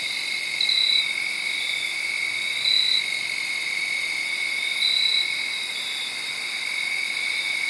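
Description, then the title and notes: Many crickets keep up an even high-pitched trill, with a few louder bursts about two seconds apart. Made around midnight, late Saturday night into Sunday morning, under a tree in Sharon, Pennsylvania. "Crickets (field recording). late on Saturday night/Sunday morning. The location was in Sharon, Pennsylvania, under a tree. around 12:00 in the morning"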